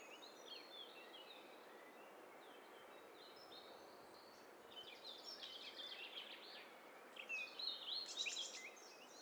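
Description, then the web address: Mixed birds calling: faint thin whistles early, then louder rapid buzzy trills and sharp chirps near the end, all over constant hiss. Mixture of several birds. "Hi Fi STEREO BIRD COCKTAIL PARTY Challenge SBCP TESTSET HDBird Cocktail Party"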